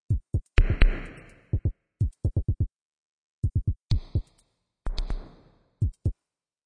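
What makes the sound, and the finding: Heartbeat sound. Heartbeat.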